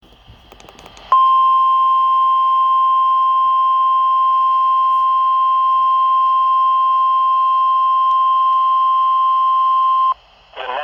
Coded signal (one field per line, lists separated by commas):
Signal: Emergency Alert System (SAME) tones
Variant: 1050 Hz attention tone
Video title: SNOW SQUALL OUTBREAK... EAS Alerts from 3/28/22 (EAS #887-890)